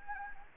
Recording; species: mosquito wingbeat signal from an infrared sensor; Anopheles gambiae